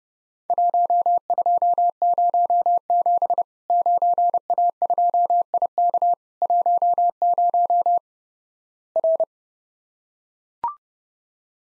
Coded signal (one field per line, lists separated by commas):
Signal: Morse code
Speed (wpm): 32 wpm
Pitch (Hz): 700 Hz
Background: none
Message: 1207 9A2IK 10 R